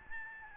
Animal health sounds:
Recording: mosquito wingbeat signal from an infrared sensor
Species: Aedes albopictus

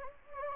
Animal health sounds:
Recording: mosquito wingbeat signal from an infrared sensor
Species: Anopheles gambiae

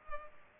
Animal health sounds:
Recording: mosquito wingbeat signal from an infrared sensor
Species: Culex pipiens

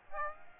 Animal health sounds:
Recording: mosquito wingbeat signal from an infrared sensor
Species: Aedes aegypti

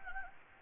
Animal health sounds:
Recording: mosquito wingbeat signal from an infrared sensor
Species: Anopheles gambiae

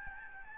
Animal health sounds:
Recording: mosquito wingbeat signal from an infrared sensor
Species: Aedes albopictus

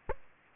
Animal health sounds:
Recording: mosquito wingbeat signal from an infrared sensor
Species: Aedes aegypti

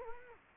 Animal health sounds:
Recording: mosquito wingbeat signal from an infrared sensor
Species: Culex quinquefasciatus

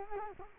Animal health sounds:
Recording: mosquito wingbeat signal from an infrared sensor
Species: Culex quinquefasciatus

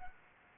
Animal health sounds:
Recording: mosquito wingbeat signal from an infrared sensor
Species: Anopheles arabiensis

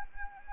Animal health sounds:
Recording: mosquito wingbeat signal from an infrared sensor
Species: Anopheles arabiensis

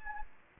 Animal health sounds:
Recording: mosquito wingbeat signal from an infrared sensor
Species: Anopheles gambiae

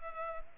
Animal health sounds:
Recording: mosquito wingbeat signal from an infrared sensor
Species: Culex pipiens

